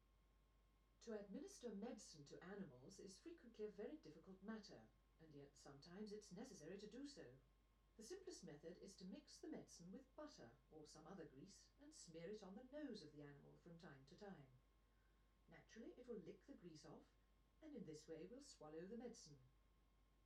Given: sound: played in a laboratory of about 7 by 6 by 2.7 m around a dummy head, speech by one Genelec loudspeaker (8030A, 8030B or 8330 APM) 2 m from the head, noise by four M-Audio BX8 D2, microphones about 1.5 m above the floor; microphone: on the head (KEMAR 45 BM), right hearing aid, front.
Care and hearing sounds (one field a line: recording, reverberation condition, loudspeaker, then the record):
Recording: female speech in English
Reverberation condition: low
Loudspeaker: 60 degrees to the left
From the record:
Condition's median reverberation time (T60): about 310 ms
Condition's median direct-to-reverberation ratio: about 3.5 dB